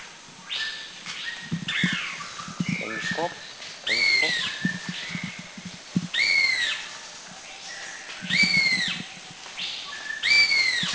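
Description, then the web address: Black-and-yellow broadbill calls: arched, slurred whistled notes repeated roughly every two seconds, over a busy background of other forest sounds. Recorded at Krung Ching, Thailand. "Thailand Krung Ching 09 Black-and-Yellow Broadbill"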